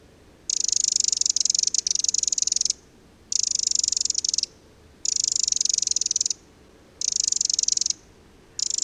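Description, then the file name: Eurasian wren rattling in long, scratchy churrs, five in a row separated by short gaps. "Eurasian Wren (Troglodytes troglodytes)"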